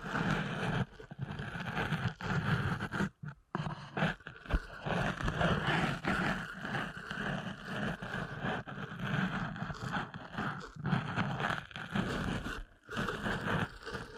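Deep ear canal massage sounds: a dense, muffled rubbing and rumbling that runs almost without pause, heavy in the low end with a scratchy, crackling layer above. The friction swells and shifts constantly, breaking into brief silences around three seconds and again near thirteen.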